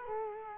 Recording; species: mosquito wingbeat signal from an infrared sensor; Culex quinquefasciatus